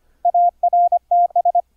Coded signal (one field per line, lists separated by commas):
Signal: Morse code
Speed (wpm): 25 wpm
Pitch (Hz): 700 Hz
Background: none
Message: ARTS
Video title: Morse Code QSO over the internet - software setup - config 12 - KXstudio(pt 1)